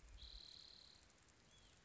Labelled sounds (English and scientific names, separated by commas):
Spotted Towhee (Pipilo maculatus)